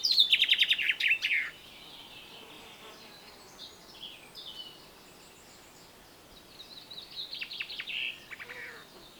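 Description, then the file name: Common chaffinch song opens with a fast descending rattle of bright notes, then softer bird sounds and another partial song phrase later. "Fringilla coelebs"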